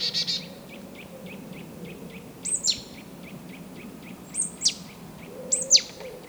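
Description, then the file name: Marsh tit giving high, sharply falling call notes, with a run of soft, evenly spaced ticks and a low rumbling background throughout. "Poecile palustris"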